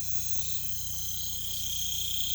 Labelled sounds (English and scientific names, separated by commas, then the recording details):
none
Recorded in pastures near Puerto Asís, Putumayo, Colombia, on 16 December 2024 at 23:00
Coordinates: 0.472, -76.331
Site GP02